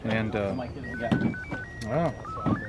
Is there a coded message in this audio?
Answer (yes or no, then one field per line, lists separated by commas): no